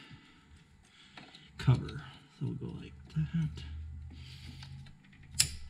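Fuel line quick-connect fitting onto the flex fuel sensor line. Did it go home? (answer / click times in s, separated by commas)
yes / 5.4 s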